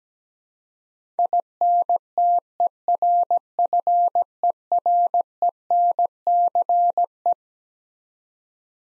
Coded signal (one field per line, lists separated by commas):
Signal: Morse code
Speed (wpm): 17 wpm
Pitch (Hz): 700 Hz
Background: none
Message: INTERFERENCE